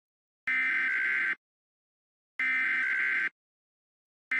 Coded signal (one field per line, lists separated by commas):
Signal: Emergency Alert System (SAME) tones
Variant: header bursts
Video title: Emergency Alert System EAS Tones from 12 Different Countries 5/13/24